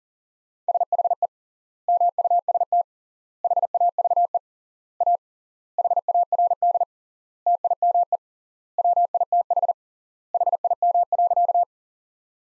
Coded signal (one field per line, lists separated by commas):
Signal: Morse code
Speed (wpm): 40 wpm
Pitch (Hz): 700 Hz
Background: none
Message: SHE MUST HAVE A HARD TIME WITH HIM.